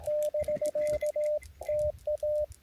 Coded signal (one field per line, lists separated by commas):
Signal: Morse code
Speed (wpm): 18 wpm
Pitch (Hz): 590 Hz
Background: radio noise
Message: <BK> TA